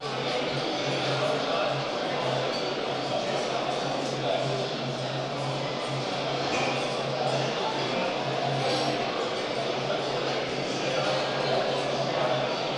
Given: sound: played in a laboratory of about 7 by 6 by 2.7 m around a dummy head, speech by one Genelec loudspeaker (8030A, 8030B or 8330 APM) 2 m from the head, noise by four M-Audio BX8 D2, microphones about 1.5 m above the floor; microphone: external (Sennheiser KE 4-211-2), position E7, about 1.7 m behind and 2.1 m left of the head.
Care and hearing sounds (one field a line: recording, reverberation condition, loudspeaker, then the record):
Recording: cafeteria noise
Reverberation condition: high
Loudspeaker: four, about 170 cm from the corners of the room and facing them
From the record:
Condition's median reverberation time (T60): about 1300 ms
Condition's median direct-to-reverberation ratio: about -4.0 dB